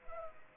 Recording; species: mosquito wingbeat signal from an infrared sensor; Culex pipiens